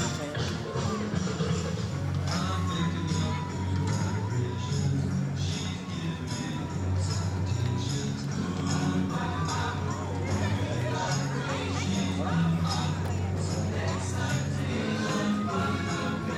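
A walk through the Universal Studios Florida theme park, with a dense, steady murmur of crowd voices throughout. A low hum runs underneath, while scattered brighter clinks, bell-like jingles and short calls pop up every few seconds without a regular pattern.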